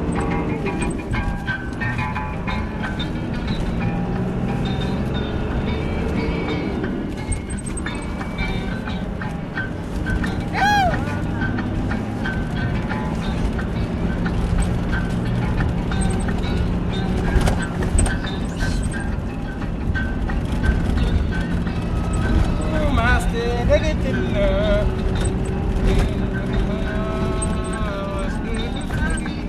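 A 4x4 drives along with the radio playing Tuareg music, the engine's low rumble steady beneath it throughout. Melodic lines and voices rise and fall over the motor, with sharp bright clatters and rattles scattered across the ride and a brief rising whine near eleven seconds.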